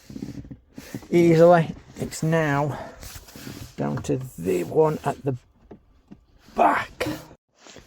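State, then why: Seated. Someone talks as the last interior trim panel clip at the back of a Lotus Emira V6 Manual is pushed into its mounting hole in the car body with the palm of the hand. A sharp snap at 7.0 s marks the clip seating home, and everything is clicked back into place.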